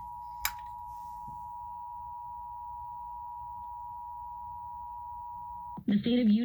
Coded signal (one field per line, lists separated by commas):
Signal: Emergency Alert System (SAME) tones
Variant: 853 and 960 Hz attention tone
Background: speech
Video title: (Utah) COVID-19 Alert - EAS #